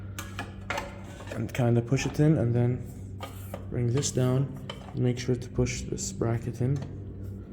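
A metal bracket is being pushed in and brought down into a Bitmain Antminer S19 / S19 Pro / S19J Pro ASIC miner chassis, where it is fitted in place of the fan. Someone talks over a steady low hum, with a few light metallic taps of handling near 0.2, 0.4 and 0.7 seconds. The clip ends before the bracket goes home, so nothing has clicked or seated yet.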